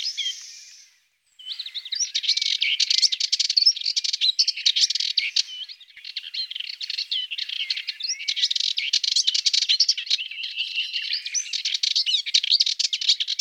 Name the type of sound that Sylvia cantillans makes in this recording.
song